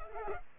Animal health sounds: mosquito wingbeat signal from an infrared sensor; Culex pipiens

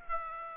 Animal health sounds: mosquito wingbeat signal from an infrared sensor; Aedes aegypti

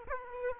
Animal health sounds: mosquito wingbeat signal from an infrared sensor; Aedes aegypti

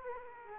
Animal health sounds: mosquito wingbeat signal from an infrared sensor; Aedes aegypti

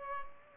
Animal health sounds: mosquito wingbeat signal from an infrared sensor; Culex pipiens

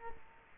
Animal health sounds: mosquito wingbeat signal from an infrared sensor; Culex quinquefasciatus

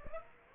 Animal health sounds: mosquito wingbeat signal from an infrared sensor; Aedes aegypti

